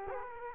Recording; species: mosquito wingbeat signal from an infrared sensor; Culex quinquefasciatus